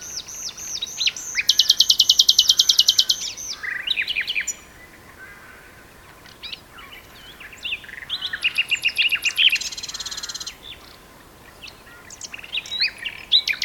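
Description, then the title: Common nightingale song: loud rattling trills and buzzy repeated notes in bursts, broken by pauses. Two nightingales singing in a duet on Westleton Heath. "sanderson nightingale-duet-on-westleton-heath"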